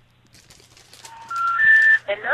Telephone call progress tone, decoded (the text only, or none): special information tone